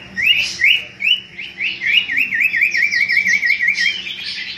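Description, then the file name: Common iora song: a few rising whistled notes, then a long rapid wavering trill with higher buzzy notes above it. Song used as a lure (pancingan) for bird catching; local name cipo. "siulan cipo untuk pancingan"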